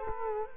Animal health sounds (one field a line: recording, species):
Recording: mosquito wingbeat signal from an infrared sensor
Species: Culex quinquefasciatus